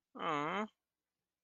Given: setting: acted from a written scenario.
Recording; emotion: vocal sound without words; guilt